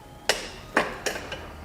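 A stock halogen fog light bulb on a 2018 Silverado 3500HD is removed by squeezing the tabs at its bottom and pulling it out of the plastic fog light housing. A sharp pop at 0.3 s marks the bulb releasing from the housing. Three fainter knocks and clicks follow at about 0.8, 1.1 and 1.3 seconds.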